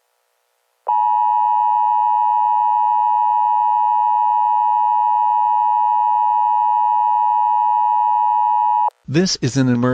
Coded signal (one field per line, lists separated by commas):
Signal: Emergency Alert System (SAME) tones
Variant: 853 and 960 Hz attention tone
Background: speech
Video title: EAS scenario #3 jimi.exe